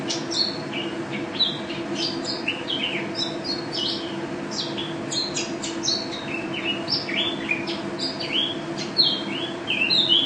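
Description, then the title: White-eye singing a fast, unbroken run of bright chirps and quick up-and-down slurred notes over a constant low hum. Contest bird, national first-place champion, described as gacor and ropel (singing constantly and rapidly), with a song filled with canary notes (isian kenari); video from 2015. "Pleci Juara 1 Nasional pleci Gacor juara nasional teler gacor ropel pleci isian kenari Video 2015"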